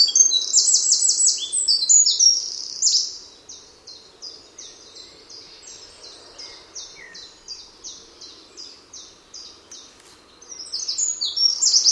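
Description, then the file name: Eurasian wren singing a shrill, fast trilled burst, followed by a long run of evenly spaced, fainter high notes, then another loud rattling trill near the end. "Troglodytes troglodytes"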